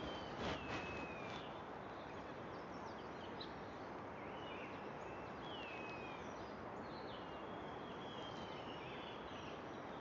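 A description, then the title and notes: Himalayan outdoor ambience: a steady, dense wash of wind-like noise, with faint bird chirps scattered throughout and a brief burst near the start. Sound of the Garhwal Himalayas.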